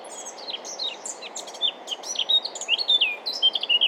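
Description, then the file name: Eurasian blackcap song: rapid scratchy twittering notes giving way to rich, clear whistled phrases that slur downward near the end. "Sylvia atricapilla"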